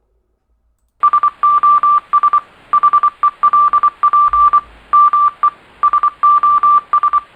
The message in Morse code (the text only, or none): SOS HELP ME SOS